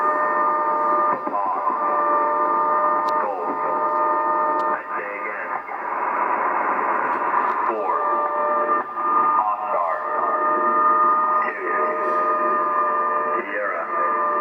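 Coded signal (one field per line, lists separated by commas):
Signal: coded military voice message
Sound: continuous distorted voice over shortwave with steady heterodyne whistles and hiss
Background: radio static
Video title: 11.175 MHz 'War Comms' Numbers Station - vol. 2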